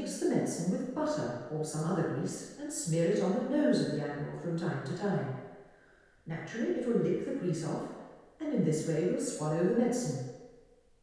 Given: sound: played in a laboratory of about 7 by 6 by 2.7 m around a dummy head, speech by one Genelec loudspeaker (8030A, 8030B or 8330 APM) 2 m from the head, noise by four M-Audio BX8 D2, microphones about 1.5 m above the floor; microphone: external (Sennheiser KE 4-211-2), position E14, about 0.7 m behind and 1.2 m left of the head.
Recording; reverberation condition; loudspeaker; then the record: female speech in English; high; 120 degrees to the right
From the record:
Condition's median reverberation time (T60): about 1300 ms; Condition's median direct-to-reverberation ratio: about -4.0 dB